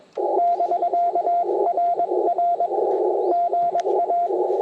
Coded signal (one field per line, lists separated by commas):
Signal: Morse code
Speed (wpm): 22 wpm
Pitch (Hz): 700 Hz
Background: radio noise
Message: <BK>RR GA